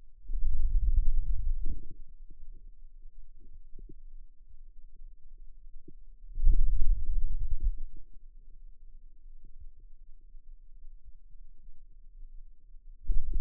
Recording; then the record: forearm muscle sounds (acoustic myography)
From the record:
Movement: hand opening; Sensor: system 2, bracelet of six BSWA MPA416 microphones around the upper forearm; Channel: 4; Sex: male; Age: 22 years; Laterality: right